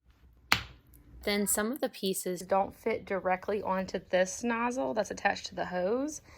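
A plastic grout brush attachment is pushed onto the nozzle of a Bissell Steam Shot handheld steam cleaner and snaps into place with a sharp click at 0.5 s. Someone then talks. The attachment is seated.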